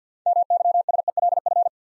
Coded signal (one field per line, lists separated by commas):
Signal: Morse code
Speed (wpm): 48 wpm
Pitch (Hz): 700 Hz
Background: none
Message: MYSELF